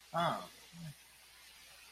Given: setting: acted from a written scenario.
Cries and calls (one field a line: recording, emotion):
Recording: vocal sound without words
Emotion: neutral